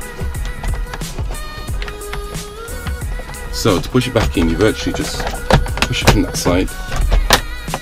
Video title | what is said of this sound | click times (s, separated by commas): Installing LED Interior Lights On A BMW 1 Series E88, E87, E82, E81 | then there we go. It just snaps into place like that. | 7.3 s